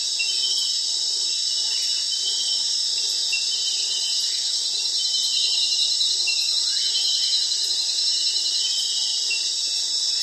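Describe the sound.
Cricket chorus, a continuous shrill high trilling drone holding steady across the whole stretch, with faint scattered chirps underneath.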